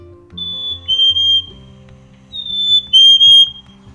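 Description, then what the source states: Black-capped chickadee song: two clear whistled notes, the first slightly higher and the second lower, given twice, with a faint low hum beneath. Distinct short two-note song, heard in most of North America, remembered by its likeness to the word 'cheeseburger'.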